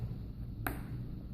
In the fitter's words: and you will begin to hear a click